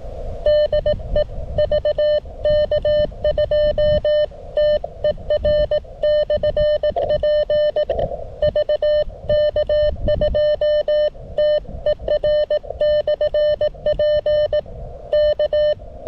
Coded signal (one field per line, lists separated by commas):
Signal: Morse code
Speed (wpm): 18 wpm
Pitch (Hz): 600 Hz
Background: none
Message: DE VK2TER/P VK2TER/P K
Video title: Remembrance Day Contest 2022 - CW Single-operator (not QRP)